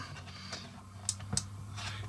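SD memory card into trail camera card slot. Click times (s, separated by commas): 1.1 s, 1.4 s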